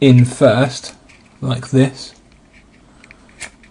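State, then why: Not seated. Someone talks while the end of a flashing cable connector that carries the battery contacts is placed onto the battery terminals of a Nokia 3220, lining it up with the service port under the battery. Only quiet handling sounds follow, and nothing has clicked or seated yet.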